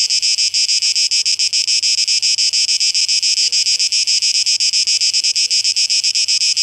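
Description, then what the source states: Cicadas in a dense shrill buzz, throbbing in quick regular pulses a few times per second. Cicadas recorded 12 August 2023.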